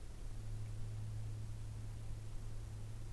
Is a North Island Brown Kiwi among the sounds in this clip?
no